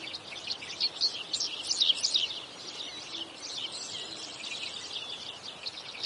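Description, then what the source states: Birdsong: a dense tangle of high chirps and twitters over steady background noise. Uninterrupted birdsong.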